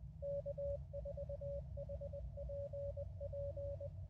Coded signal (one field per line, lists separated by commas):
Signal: Morse code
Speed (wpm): 23 wpm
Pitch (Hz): 570 Hz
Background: radio noise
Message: K4HPP